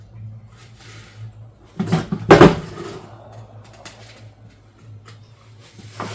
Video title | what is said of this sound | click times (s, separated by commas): CFMOTO CFORCE 500 Snow Plow Setup - 9 Winters Later, Here’s How It’s Really Holding Up | And we set on the pedal here, and it clicks into place. I think we got it in the first shot. | 2.3 s